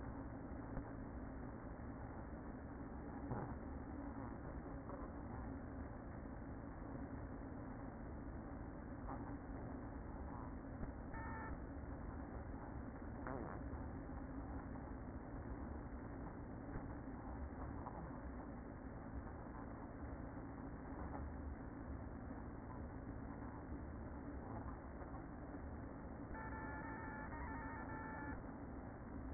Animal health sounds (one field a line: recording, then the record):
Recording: honeybee colony, microphone inside the hive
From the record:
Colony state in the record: queen present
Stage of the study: after two queens were removed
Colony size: about 60,000 bees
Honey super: yes